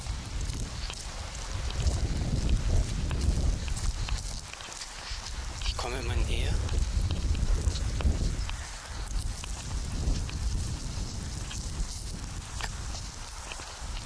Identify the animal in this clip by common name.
Red Deer